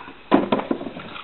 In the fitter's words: Slide in the reservoir until it clicks.